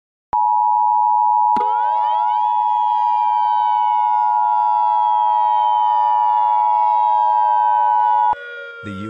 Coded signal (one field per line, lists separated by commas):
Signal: Emergency Alert System (SAME) tones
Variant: 853 and 960 Hz attention tone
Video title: Hawaii EAS Alarm (2018, TV)